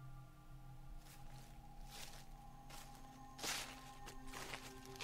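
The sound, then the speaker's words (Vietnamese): Footsteps of two men creeping into a courtyard crunch and rustle through dry leaves, about half a dozen unhurried steps in an uneven rhythm, with a steady low hum beneath and no voices. “Tiếng bước chân dẫm lên lá khô xào xạc.”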